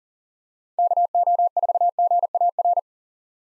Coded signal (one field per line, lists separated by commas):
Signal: Morse code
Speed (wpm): 40 wpm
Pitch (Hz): 700 Hz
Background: none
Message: KO4GAR